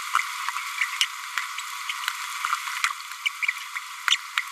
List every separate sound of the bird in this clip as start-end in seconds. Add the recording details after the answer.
1.00-1.07, 1.58-1.62, 3.25-3.29, 3.42-3.47, 4.10-4.17. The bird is a female. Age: 28 days. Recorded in a nest box in Venezuela. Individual 17B102A5